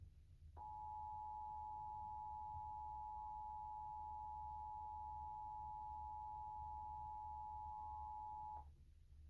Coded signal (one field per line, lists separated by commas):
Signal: Emergency Alert System (SAME) tones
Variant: 853 and 960 Hz attention tone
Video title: WPVI-TV Emergency Alert System Required Monthly Test in PA (EAS #143)